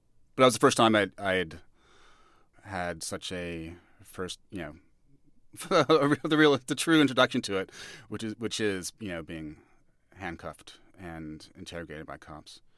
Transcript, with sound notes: But that was the first time I'd had such a first, you know - (laughter) the real - the true introduction to it, which is, you know, being handcuffed and interrogated by cops.